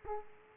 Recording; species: mosquito wingbeat signal from an infrared sensor; Aedes aegypti